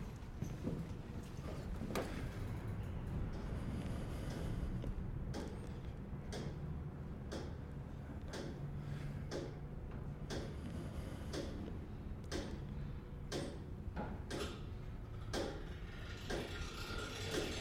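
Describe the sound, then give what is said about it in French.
A mechanical clock ticks steadily, beating the second with about one sharp click per second, each tick a crisp bright snap over a constant low rumbling hum, with no voices; every 20 seconds the movement's escapement releases with a click as the flywheel starts turning. “Donc là, vous entendez que l'horloge. Vous avez le tic-tac qui bat la seconde.”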